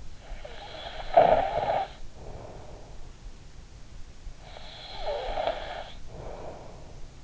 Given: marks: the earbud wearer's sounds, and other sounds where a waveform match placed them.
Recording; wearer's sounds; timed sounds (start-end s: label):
sounds in sleep by an in-ear microphone; snoring breath
0.16-3.01 s: snoring breath
4.33-7.24 s: snoring breath